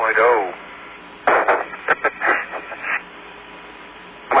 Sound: laughs